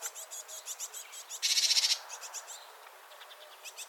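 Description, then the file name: Great tit calls, a quick run of high, thin repeated notes, broken by a brief loud rasping burst. "Parus major"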